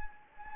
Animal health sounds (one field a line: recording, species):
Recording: mosquito wingbeat signal from an infrared sensor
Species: Anopheles gambiae